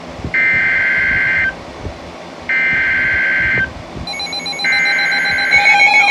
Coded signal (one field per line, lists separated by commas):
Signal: Emergency Alert System (SAME) tones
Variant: header bursts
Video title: (DOUBLE HEADER) Severe Thunderstorm Warning+Flash Flood Warning (5/29/19) (EAS #250-251)